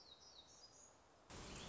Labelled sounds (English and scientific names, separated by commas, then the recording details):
Black-throated Gray Warbler (Setophaga nigrescens)
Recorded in Sonoma County, California